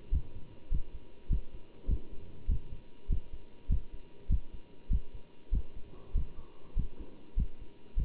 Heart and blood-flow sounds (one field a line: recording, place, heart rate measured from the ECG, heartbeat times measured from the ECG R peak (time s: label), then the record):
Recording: heart sounds by stethoscope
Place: between the tricuspid and mitral areas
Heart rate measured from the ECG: 99 bpm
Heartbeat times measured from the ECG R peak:
0.14 s: heartbeat
0.73 s: heartbeat
1.32 s: heartbeat
1.90 s: heartbeat
2.50 s: heartbeat
3.11 s: heartbeat
3.71 s: heartbeat
4.31 s: heartbeat
4.92 s: heartbeat
5.54 s: heartbeat
6.16 s: heartbeat
6.78 s: heartbeat
7.39 s: heartbeat
7.99 s: heartbeat
From the record:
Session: bicycle stress test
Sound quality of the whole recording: good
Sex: male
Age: 27 years